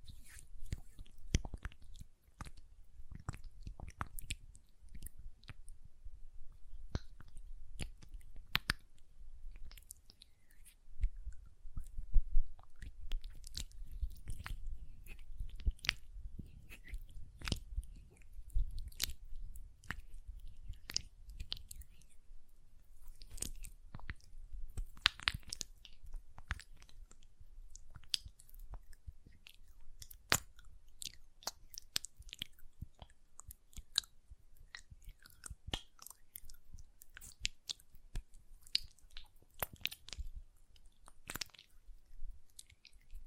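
Hand sounds with nail tapping and lotion: quick, sharp clicks and taps arrive in dense, irregular bursts for the whole stretch, mixed with soft wet squishes and crunchy rubbing. A low, muffled rumble sits underneath, and the level stays fairly even throughout.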